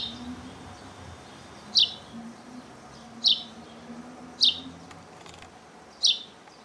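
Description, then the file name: House sparrow calls: four sharp, high chirps, each a single clipped note, spaced with short uneven pauses over a low background hum. "Passer domesticus"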